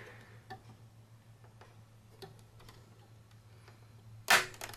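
A stubborn second RAM stick, stiffer to seat, is pushed into its memory slot on a Dell Optiplex 755 motherboard over several attempts, with faint scattered taps over a low steady hum and a loud, sharp burst near 4.3 s. Clicks at 4.6 s and 4.7 s mark the clips closing as the module snaps home, fully seated.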